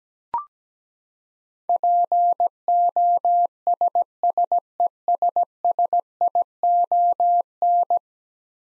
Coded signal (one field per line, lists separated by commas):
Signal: Morse code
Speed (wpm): 17 wpm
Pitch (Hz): 700 Hz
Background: none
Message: POSSESSION